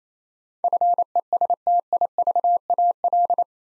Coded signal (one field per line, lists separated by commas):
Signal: Morse code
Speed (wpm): 28 wpm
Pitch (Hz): 700 Hz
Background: none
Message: FESTIVAL